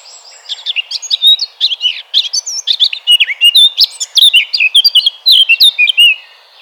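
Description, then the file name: Eurasian blackcap singing a fast, unbroken warble of bright, fluty notes that jump up and down in pitch, opening with a softer scratchy chatter. "Sylvia atricapilla 180115"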